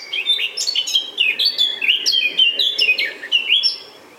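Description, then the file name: Eurasian blackcap song: a continuous rich warble of quick fluting notes mixed with sharper chips, running nearly four seconds without a break. "Sylvia atricapilla"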